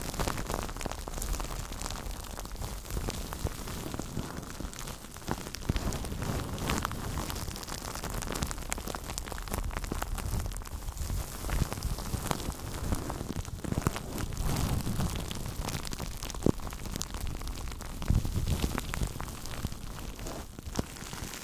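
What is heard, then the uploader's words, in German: Bags and plastic film crackle and rustle steadily throughout, a dense stream of small crisp snaps with occasional louder crinkles. Crinkle Sounds. Knistern und Rascheln durch Tüten, Folien und mehr.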